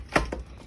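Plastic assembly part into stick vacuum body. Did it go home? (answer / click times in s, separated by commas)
no / none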